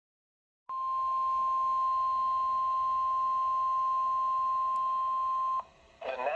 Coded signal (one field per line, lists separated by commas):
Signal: Emergency Alert System (SAME) tones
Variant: 1050 Hz attention tone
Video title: EAS #459: Severe Thunderstorm Warning - Indiana (3/14/2024) (KEC74)